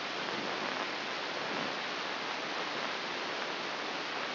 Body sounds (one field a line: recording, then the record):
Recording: brain microelectrode recording played as sound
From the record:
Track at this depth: inside the subthalamic nucleus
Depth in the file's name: 5.115 mm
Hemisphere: left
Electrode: 3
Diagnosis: Parkinson's disease